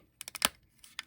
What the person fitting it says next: So it just snaps into place.